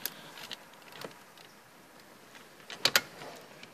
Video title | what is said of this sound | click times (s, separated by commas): How to remove the radio from a Ford Focus | the click in? They click in, like that. | 2.9 s, 3.0 s